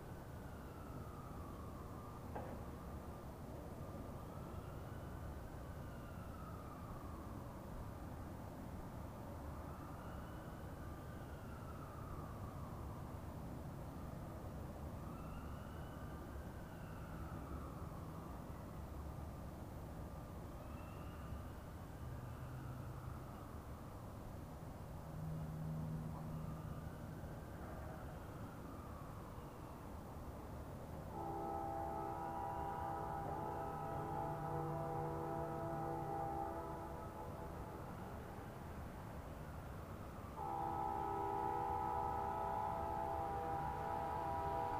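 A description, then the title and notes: A distant train rumbles steadily while a siren wails in slow rising-falling sweeps, then two long train horn blasts sound near the end. Sitting on the edge of Derita Creek Park.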